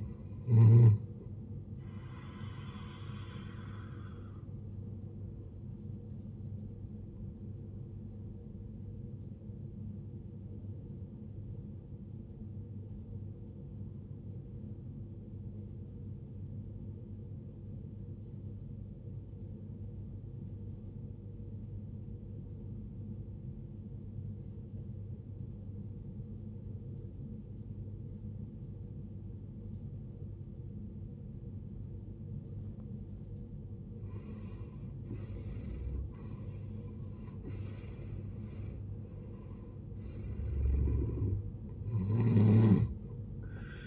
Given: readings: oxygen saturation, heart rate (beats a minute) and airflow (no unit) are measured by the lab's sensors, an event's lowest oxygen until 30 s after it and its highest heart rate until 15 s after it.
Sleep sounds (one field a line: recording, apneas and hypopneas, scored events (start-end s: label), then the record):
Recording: breathing in sleep by a smartphone at the bedside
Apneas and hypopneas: 1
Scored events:
12.00-43.87 s: new sleep stage, N2 (light sleep)
14.00-35.10 s: obstructive apnea (N2, oxygen 94% highest, then 77% lowest, heart rate 54 at the start, 79 highest)
From the record:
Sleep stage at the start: N1 (lightest sleep)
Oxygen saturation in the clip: 75 to 94%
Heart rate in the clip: 54 to 79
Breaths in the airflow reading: 5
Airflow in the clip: -18.4 to 17.3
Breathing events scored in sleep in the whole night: 389 in 6.3 hours asleep